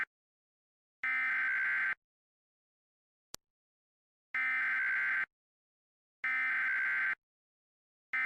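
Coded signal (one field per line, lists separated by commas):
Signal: Emergency Alert System (SAME) tones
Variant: header bursts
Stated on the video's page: Fictional mock EAS alert, "The Roach Invasion" part 3.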